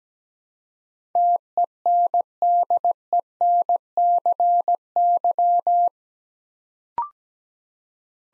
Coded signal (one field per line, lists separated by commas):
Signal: Morse code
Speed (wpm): 17 wpm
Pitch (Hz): 700 Hz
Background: none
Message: TENDENCY